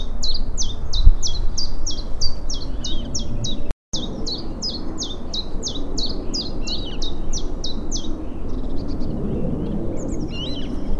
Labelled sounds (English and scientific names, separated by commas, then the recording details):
Great Tit (Parus major)
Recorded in the wild
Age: adult
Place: Karower Teiche, Naturpark Barnim, Berlin, DE
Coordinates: 52.6222, 13.4597
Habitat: pond
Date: 1993-04-14 10:45
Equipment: Aiwa HD-S1, Sennheiser ME 88
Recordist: Frommolt, Karl-Heinz